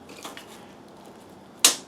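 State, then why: Seated. Copper tubing is pushed into the lipped slot of a plastic test jig stanchion. After a quiet stretch with faint small ticks near 0.3 and 0.4 s, a loud, sharp snap comes at 1.6 s and quickly fades. The tubing seats in the slot.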